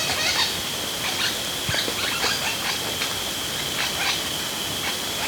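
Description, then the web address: Parrotlets chattering with rapid, dense bursts of short high chips over a steady, high insect drone. Ecuador. "Birds of Ecuador. Spot-Winged Parrotlet"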